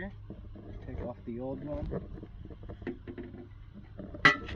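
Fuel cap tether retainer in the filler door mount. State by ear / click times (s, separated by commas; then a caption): released / 4.3 s. On a 2004 Mitsubishi Lancer ES, the retaining tether of the old fuel filler cap is pulled from its mount in the filler door while someone talks. It snaps off with a sharp crack at 4.2 s, and the old cap is released.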